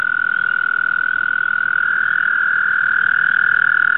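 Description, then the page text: American toad giving a long, steady musical trill, a sustained high buzzing tone held throughout without a break. "звуки амфибий - Bufo americanus"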